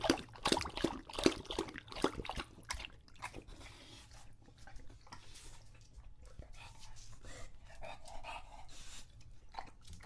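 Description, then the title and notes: English Bulldog lapping water in rapid bursts at first, then quieter, irregular wet sounds. English Bulldog named Lucho drinking water from a bowl after a long walk, breathing heavily and out of breath between drinks. "English Bulldog Drinks from Water Bowl - Weird Sounds. listen to Lucho the English Bulldog as he tries to drink water after a long walk. Don't let his heavy breathing fool you in between drinks, he's equally out of breath from the walk"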